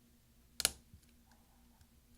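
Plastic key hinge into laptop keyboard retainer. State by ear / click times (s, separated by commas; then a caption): seated / 0.6 s. A finger presses the plastic scissor hinge of the F3 key on a 13-inch MacBook Pro Unibody Core 2 Duo 2.26 GHz down onto the laptop keyboard's retainer clips. Two sharp, bright plastic snaps sound at 0.6 and 0.65 seconds, followed by faint ticks, and the hinge is seated.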